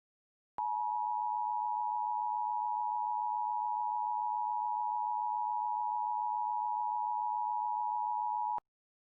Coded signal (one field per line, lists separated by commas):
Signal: Emergency Alert System (SAME) tones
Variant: 853 and 960 Hz attention tone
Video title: KIH63 SVR Warning ⚠️ (EAS Mock) *VALID TONES* (CC)